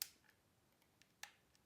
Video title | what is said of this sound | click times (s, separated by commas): Fixing Chinese 24V 120W electric scooter ZL-07A (no reaction to power, driving without throttle) | oh it clicked correctly let's give it a | 1.2 s